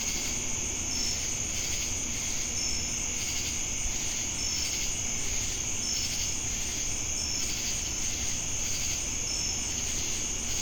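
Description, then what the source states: Crickets in a dense insect chorus: a constant shrill ringing, regular short tonal chirps, and pulsing buzzy swells over a soft low rumble. Crickets heard together with cicadas in Jamestown, North Carolina, USA, on 10 August 2018.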